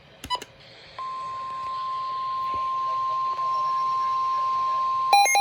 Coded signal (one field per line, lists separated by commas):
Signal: Emergency Alert System (SAME) tones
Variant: 1050 Hz attention tone